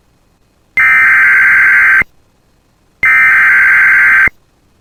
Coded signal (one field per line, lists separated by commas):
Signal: Emergency Alert System (SAME) tones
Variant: header bursts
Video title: [EAS] Severe Thunderstorm Warning for Bemidji MN (July 31 2024)